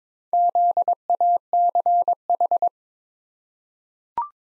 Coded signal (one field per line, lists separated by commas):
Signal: Morse code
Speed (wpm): 22 wpm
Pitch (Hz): 700 Hz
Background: none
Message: ZACH